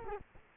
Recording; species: mosquito wingbeat signal from an infrared sensor; Culex quinquefasciatus